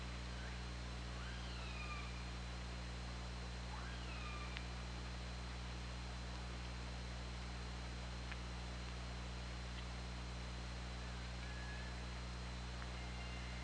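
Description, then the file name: Killer whale calls: several rising and falling whistled, pulsed calls over steady underwater hiss, low hum and a constant high tone. Recorded by OrcaLab hydrophone on 24 August 2017 at 20:52. "Orca Lab UTLN JASON 20170824 205203"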